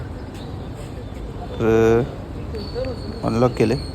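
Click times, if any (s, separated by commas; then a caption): none. Someone talks over quiet background hum while the central door lock actuator in the door of an i10 Grand car is handled, after its central locking mechanism was sprayed and oiled. Nothing has seated or clicked yet by the end of the clip.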